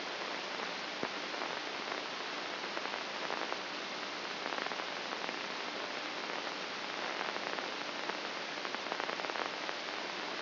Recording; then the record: brain microelectrode recording played as sound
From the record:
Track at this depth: inside the subthalamic nucleus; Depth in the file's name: 3.033 mm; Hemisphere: left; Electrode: 2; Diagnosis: Parkinson's disease